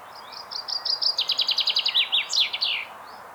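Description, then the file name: Common chaffinch song: a quick cascade of repeated chipping notes dropping gradually in pitch, rounded off by an emphatic twirling end flourish; no other sounds stand out. "Fringilla coelebs"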